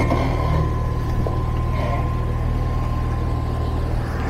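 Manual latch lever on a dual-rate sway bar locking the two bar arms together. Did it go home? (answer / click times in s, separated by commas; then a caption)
no / none. A manual latch lever on a dual-rate Jeep sway bar is handled as the vehicle backs down, so the two bar arms line up for the lever to slip forward and lock them together in single-rate mode. Only a steady low vehicle rumble with a faint constant tone is heard. Nothing has seated or clicked yet.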